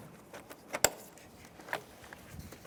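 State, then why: Seated. A fuse box from a 2005–2010 Chevrolet Cobalt, removed during a clutch kit replacement, is lined up and pushed onto its mounting bracket. One sharp, loud click at 0.8 s marks it seating in place, followed by a fainter tap at 1.7 s and quiet handling noise. The fuse box is seated.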